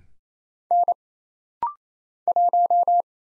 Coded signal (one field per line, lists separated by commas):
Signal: Morse code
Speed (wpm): 27 wpm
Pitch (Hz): 700 Hz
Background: none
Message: N 1